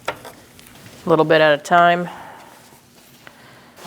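An AC condenser and receiver drier assembly on a 2016–2019 Chevrolet Cruze 1.4L L4 is pushed a little at a time into its front-end mounting brackets. Someone talks, and there are a few brief knocks and handling sounds around 0.1 s, 0.6 s, 0.7 s and 3.3 s. Nothing has seated or clicked yet; the condenser has not locked into place.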